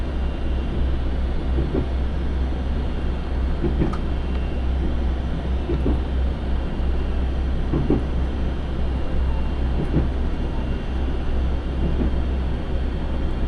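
A ride aboard the Ai Yoshinogawa trolley train on the Tokushima Line. A heavy, steady low rumble runs throughout under a dense rattling roar, with soft rhythmic thumps from the rails arriving about every two seconds at an even pace.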